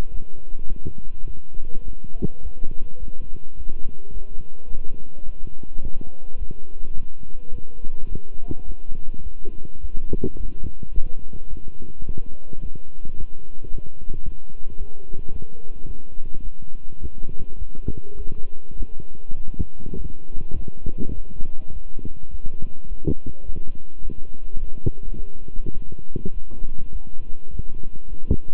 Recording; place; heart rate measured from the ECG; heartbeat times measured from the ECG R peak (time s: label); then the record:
heart sounds by stethoscope; between the tricuspid and mitral areas; 105 bpm
0.10 s: heartbeat
0.67 s: heartbeat
1.25 s: heartbeat
1.83 s: heartbeat
2.41 s: heartbeat
2.98 s: heartbeat
3.55 s: heartbeat
4.12 s: heartbeat
4.68 s: heartbeat
5.24 s: heartbeat
5.81 s: heartbeat
6.37 s: heartbeat
6.93 s: heartbeat
7.50 s: heartbeat
8.07 s: heartbeat
8.64 s: heartbeat
9.21 s: heartbeat
9.79 s: heartbeat
10.36 s: heartbeat
10.92 s: heartbeat
11.48 s: heartbeat
12.05 s: heartbeat
12.60 s: heartbeat
13.16 s: heartbeat
13.70 s: heartbeat
14.23 s: heartbeat
14.77 s: heartbeat
15.30 s: heartbeat
15.85 s: heartbeat
16.41 s: heartbeat
16.98 s: heartbeat
17.56 s: heartbeat
18.15 s: heartbeat
18.74 s: heartbeat
19.35 s: heartbeat
19.95 s: heartbeat
20.54 s: heartbeat
21.12 s: heartbeat
21.71 s: heartbeat
22.29 s: heartbeat
22.87 s: heartbeat
23.44 s: heartbeat
24.00 s: heartbeat
24.57 s: heartbeat
25.14 s: heartbeat
25.72 s: heartbeat
26.32 s: heartbeat
26.90 s: heartbeat
27.49 s: heartbeat
28.08 s: heartbeat
From the record:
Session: walking at 3.7 km/h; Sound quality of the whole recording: good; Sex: male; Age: 26 years